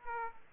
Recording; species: mosquito wingbeat signal from an infrared sensor; Aedes aegypti